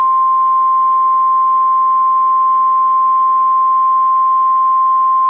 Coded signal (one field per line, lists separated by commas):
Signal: Emergency Alert System (SAME) tones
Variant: 1050 Hz attention tone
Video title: eas 2059 dmx rwt final one for febuary